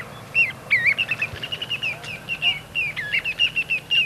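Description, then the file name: Little ringed plover calling in a fast run of high, whistled notes that rise and fall, almost trilling, steadily repeated for about four seconds. "Corriere Piccolo"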